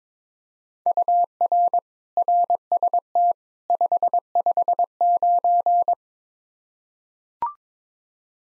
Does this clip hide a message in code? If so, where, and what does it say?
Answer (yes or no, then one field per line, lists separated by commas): yes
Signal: Morse code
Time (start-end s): 0.9-5.9 s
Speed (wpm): 22 wpm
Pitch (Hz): 700 Hz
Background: none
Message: UR RST 559